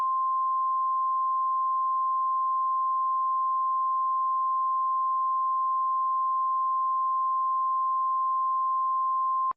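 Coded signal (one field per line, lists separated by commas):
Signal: Emergency Alert System (SAME) tones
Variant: 1050 Hz attention tone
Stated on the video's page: Valid EAS tones used in a fictional hurricane scenario, not a real alert.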